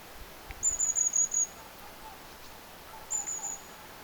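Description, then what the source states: Long-tailed tit calls: two thin, very high trilled bursts, the second shorter, over a quiet background. Several long-tailed tits recorded on 14 October 2024.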